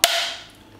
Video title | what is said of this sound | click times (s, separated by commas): How Bosch's Starlock system works - multi tool | and that opens up and locks into your bit and now when we turn it on | 0.0 s